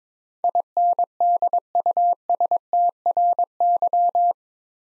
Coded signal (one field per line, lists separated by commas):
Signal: Morse code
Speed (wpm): 22 wpm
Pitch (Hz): 700 Hz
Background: none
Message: INDUSTRY